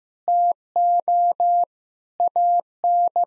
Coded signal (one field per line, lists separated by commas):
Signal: Morse code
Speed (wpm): 15 wpm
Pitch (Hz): 700 Hz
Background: none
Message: TO AN